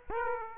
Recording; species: mosquito wingbeat signal from an infrared sensor; Aedes aegypti